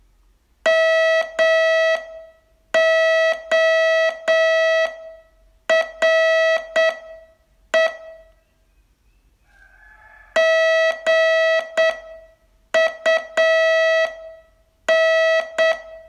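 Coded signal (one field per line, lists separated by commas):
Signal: Morse code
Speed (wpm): 8 wpm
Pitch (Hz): 650 Hz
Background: none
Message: MORE GUN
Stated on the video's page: Morse training course, day 23 test.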